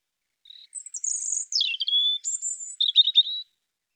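European robin song phrase opening with soft notes, then high thin drawn-out whistles sweeping down, followed by a quick twittering finish.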